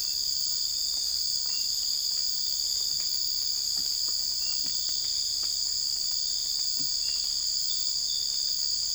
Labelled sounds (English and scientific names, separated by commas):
none